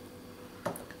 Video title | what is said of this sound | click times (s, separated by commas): Vax OnePwr Cordless Glide | This simply just clicks back in there. | 0.7 s